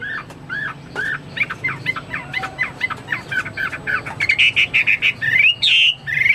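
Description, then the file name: Chinese hwamei song starting with quieter rapid notes that build into loud, repeated, clear whistled phrases. "omkicau hwamei"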